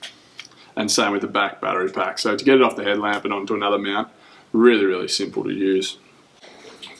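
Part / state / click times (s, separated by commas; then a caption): headlamp lamp head into its headband mount / seated / 0.4 s. A Ledlenser H19R Signature rechargeable headlamp's lamp head is slid back onto its plastic headband mount and clicks into place with a short, sharp click at 0.4 s. Someone then talks for most of the rest of the clip.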